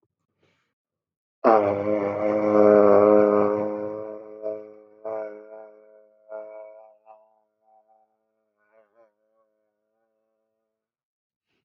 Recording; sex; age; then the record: vowel held as long as possible; male; 20 to 29 years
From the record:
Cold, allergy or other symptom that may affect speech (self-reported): no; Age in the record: 23 years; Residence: Maryland, United States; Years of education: 16